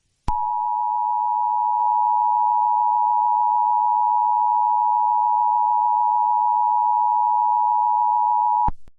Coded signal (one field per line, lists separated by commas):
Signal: Emergency Alert System (SAME) tones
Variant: 853 and 960 Hz attention tone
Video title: Garfield And Friends: Speed Trap - EAS Scenario TEST